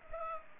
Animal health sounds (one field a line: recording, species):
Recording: mosquito wingbeat signal from an infrared sensor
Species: Culex pipiens